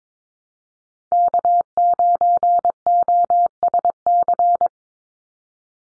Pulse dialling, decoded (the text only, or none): none